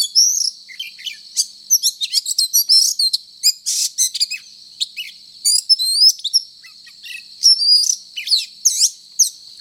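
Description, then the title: Oriental magpie-robin singing a dense, rapid run of varied chirps, rising and falling whistles and short buzzy bursts, almost without pause, with a constant high-pitched background hiss. Indonesian title calls the bird a 'gacor' magpie-robin, a bird-keepers' term for one singing often and energetically. "Kacer Gacor 1"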